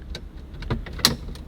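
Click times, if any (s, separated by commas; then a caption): 1.0 s. A notched plastic mounting clip is pushed further into a slot in an interior trim panel of a 2019–2024 Jetta during a plug-and-play DSP amplifier installation. A few light taps and rustles lead up to a sharp, bright snap at 1.0 s. The clip clicks in and is seated.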